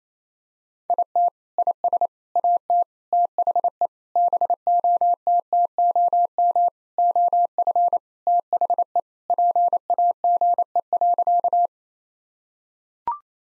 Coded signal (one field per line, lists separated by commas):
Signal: Morse code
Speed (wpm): 28 wpm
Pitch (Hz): 700 Hz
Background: none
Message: IT IS AT THE BOTTOM OF THE PAGE.